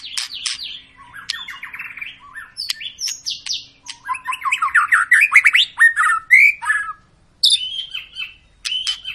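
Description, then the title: White-rumped shama song with rapid chattering runs, rising trills and sharp whistles, broken by short silences. Long, vigorous song of a white-rumped shama, used as a lure to make other birds sing. "Pancingan Murai Batu Gacor Panjang"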